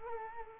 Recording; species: mosquito wingbeat signal from an infrared sensor; Culex quinquefasciatus